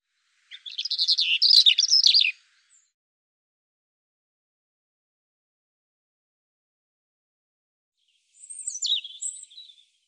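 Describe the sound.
European robin song in two bursts, first a dense rattling jumble of notes, then after a long pause a shorter phrase of high thin whistles and twitters.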